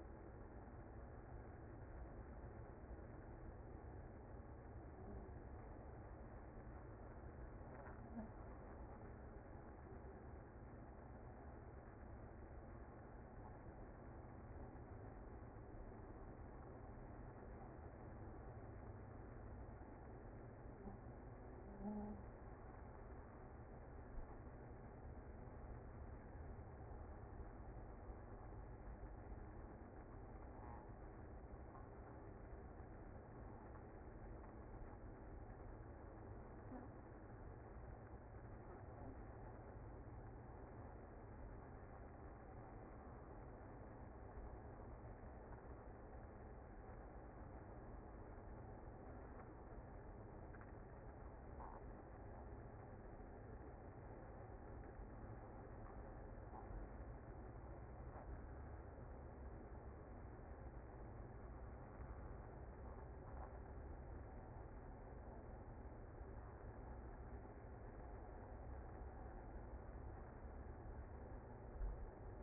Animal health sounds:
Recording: honeybee colony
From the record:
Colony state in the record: active

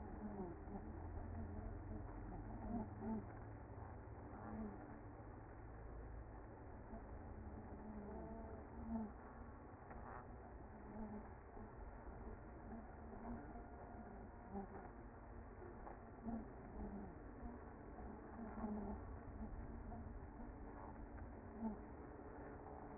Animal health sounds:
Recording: honeybee colony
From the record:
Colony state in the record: active

